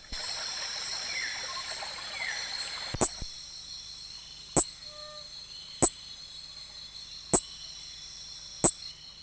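Nesobia mjobergi: high insect drone throughout. A brief rustling noise comes first, then loud sharp clicks roughly every second and a half.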